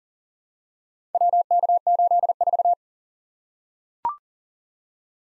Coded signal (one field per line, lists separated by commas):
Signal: Morse code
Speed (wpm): 40 wpm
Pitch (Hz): 700 Hz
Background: none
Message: WK84